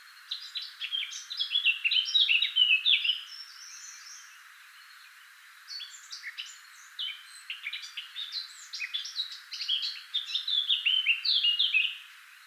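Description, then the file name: Eurasian blackcap, two long bursts of fast, varied warbling with a short gap between them. "Sylvia atricapilla"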